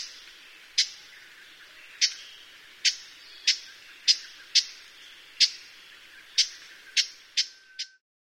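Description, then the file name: Japanese bush warbler uttering abrupt clicking calls, isolated ticks repeated at uneven intervals of roughly half a second to a second, with faint hiss behind and sudden silence at the end. "uguisu"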